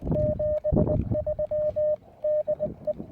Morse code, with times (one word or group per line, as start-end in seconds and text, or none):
0.1-2.0 73
2.2-2.9 DE